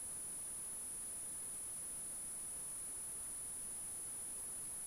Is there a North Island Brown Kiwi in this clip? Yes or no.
no